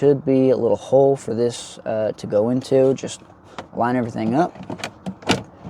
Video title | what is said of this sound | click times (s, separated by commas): Saturn Sky Glove Box Frame Replacement | it might click like that. That clicked into place, but the rest aren't. | 5.3 s